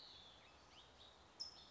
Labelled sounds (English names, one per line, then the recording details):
California Towhee
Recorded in Sonoma County, California